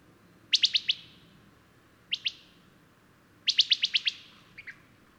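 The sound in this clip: Bird song: a burst of four sharp chirps, a pair, then six more, followed by two softer lower notes.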